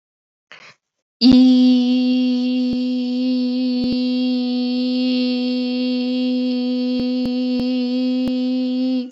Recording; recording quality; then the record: sustained vowel as in beet; excellent, no background noise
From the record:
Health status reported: COVID-19 positive, mild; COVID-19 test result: positive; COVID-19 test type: RT-PCR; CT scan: not taken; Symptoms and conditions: sore throat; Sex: female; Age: 24 years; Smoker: no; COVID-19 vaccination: both doses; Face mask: not worn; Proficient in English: yes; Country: India